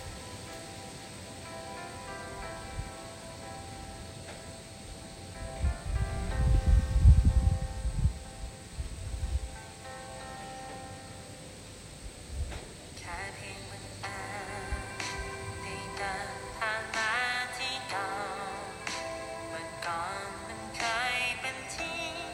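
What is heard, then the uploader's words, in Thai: Wind gusts across the microphone as a heavy, low buffeting from about six to nine seconds, then settles. A thin steady high hiss runs throughout, and from around thirteen seconds bright, repeated chirping calls, likely birds, rise over the quiet outdoor air. เสียงลมที่ชาเกอปอ.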